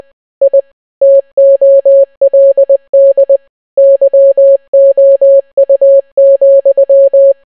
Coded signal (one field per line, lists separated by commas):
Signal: Morse code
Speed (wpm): 20 wpm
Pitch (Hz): 550 Hz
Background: none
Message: I TOLD YOU,